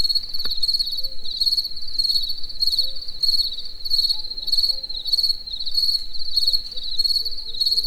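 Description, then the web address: Cricket song: a steady series of high, buzzy chirps, a single soft click early on, and a quiet low rumble beneath. Recorded in nature in the evening, near Eger. "tucsok. estefele egerturistahaz"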